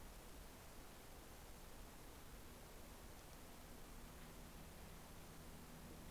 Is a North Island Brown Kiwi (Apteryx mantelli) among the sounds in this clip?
no